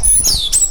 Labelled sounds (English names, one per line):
Stitchbird song